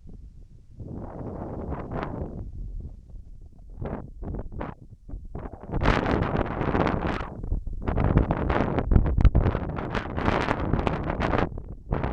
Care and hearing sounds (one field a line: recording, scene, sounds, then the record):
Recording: everyday scene through a hearing-aid microphone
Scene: wind on the microphone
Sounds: wind, whistling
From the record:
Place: in front of a rural house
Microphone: behind the ear, left, rear